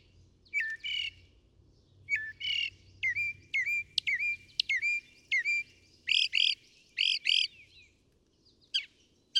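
Northern mockingbird song of varied whistled and buzzy phrases, several repeated two or three times.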